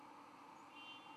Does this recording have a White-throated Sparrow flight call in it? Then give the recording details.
no. Another species' flight call is heard. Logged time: 02:54 on 13 November 2014